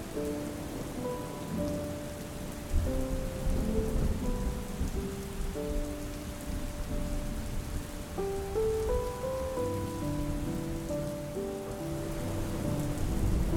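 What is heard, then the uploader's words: Steady, dense storm rain hisses and rumbles low throughout, while soft sustained melody notes drift gently over it, shifting every second or two. The powerful and soothing rumble of the storm, blended with soft melodies. Storm sounds and soft music.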